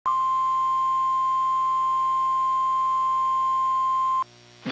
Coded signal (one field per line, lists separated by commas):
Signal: Emergency Alert System (SAME) tones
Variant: 1050 Hz attention tone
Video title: NOAA weather radio EAS #64, tornado warning